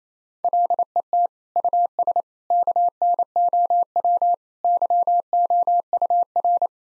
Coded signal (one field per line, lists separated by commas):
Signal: Morse code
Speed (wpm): 28 wpm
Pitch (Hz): 700 Hz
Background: none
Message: LET US KNOW YOUR